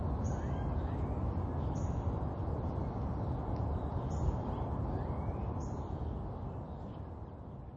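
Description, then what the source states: High short bird chirps, a few spread across the stretch, over a broad traffic rumble that eases slightly toward the end. Urban ambience with birds chirping and distant traffic.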